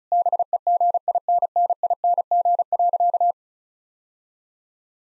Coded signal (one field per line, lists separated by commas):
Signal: Morse code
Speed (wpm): 36 wpm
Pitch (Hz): 700 Hz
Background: none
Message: BEGINNING.